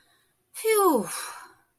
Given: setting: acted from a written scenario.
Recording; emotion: vocal sound without words; relief